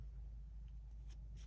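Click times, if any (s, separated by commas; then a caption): none. A watch band is handled at the band slot of an Apple Watch case, with faint, soft scraping and rustling around 0.7, 1.1 and 1.4 s over a steady low hum. Nothing has seated or clicked yet.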